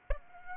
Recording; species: mosquito wingbeat signal from an infrared sensor; Aedes aegypti